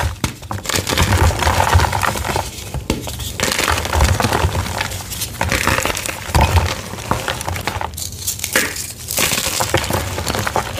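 Gym chalk being crushed, with baby oil, makes a dense, continuous crinkling and crunching that runs through the whole clip. The sound keeps a steady level with small rapid crackles. It thins briefly near 3, 5 and 8 seconds before building again.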